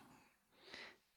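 A single soft, hissy, snuffly breath of about a third of a second rises out of quiet room noise, picked up close to the face of a sleeping baby boy almost four weeks old. It is the noisy, slightly snoring breathing of a sleeping newborn, typical of a small infant's nasal airway.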